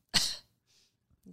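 An adult sneezes once, a sharp burst of broad, hissy noise, triggered by looking at the sun.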